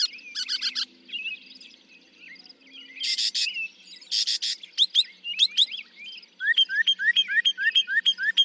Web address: songs Northern Mockingbird